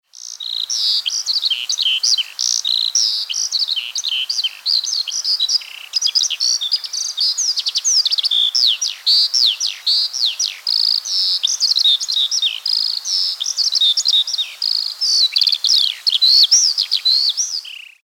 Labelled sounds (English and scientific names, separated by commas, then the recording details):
Eurasian Skylark (Alauda arvensis)
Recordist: Tembrock, Günter
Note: Gesang